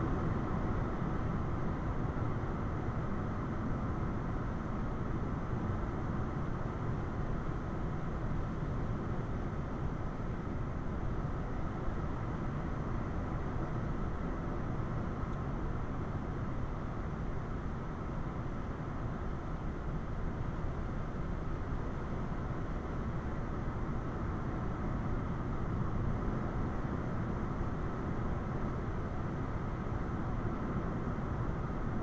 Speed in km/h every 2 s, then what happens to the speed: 77, 74, 71, 69, 71, 71, 71, 71, 71, 71, 71, 71, 71, 71, 71, 71.
0-5 slows to 69. 5-32 steady at about 71.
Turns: none.